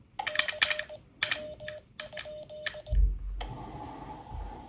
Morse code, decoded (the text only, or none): CW?